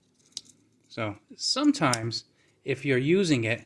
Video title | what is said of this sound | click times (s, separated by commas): Swisstech Helfen Review | and it snaps right back into place okay | 0.4 s